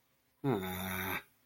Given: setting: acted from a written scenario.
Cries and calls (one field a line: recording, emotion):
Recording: vocal sound without words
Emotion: disappointment